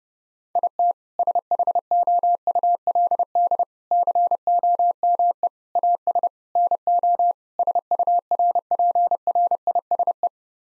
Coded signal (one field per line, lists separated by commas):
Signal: Morse code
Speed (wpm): 32 wpm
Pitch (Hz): 700 Hz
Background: none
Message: IT SHOULD COME AS NO SURPRISE